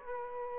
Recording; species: mosquito wingbeat signal from an infrared sensor; Aedes aegypti